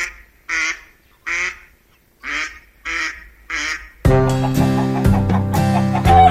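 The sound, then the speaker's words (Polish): Mallard ducks quack six times in a steady, evenly spaced series of short nasal calls. After about four seconds, loud music takes over. “świetnie sobie też radzą ogólnie w całej Europie, zwłaszcza krzyżówki, więc uczmy się tego, uczmy się takiej aktywności na pół gwizdka.”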